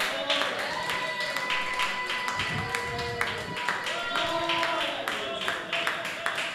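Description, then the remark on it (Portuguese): A church audience claps its hands for Jesus to welcome a servant of the Lord, in a steady, fairly even rhythm for several seconds, the sharp claps continuing throughout while voices call out and ring over them. “e receba um servo do Senhor Jesus com as palmas para Jesus.”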